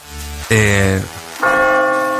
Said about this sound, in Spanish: Están las campanas.